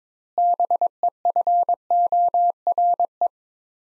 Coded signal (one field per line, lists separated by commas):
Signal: Morse code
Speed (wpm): 22 wpm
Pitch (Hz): 700 Hz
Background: none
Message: BEFORE